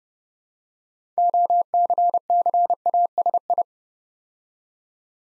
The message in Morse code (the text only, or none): OCCASI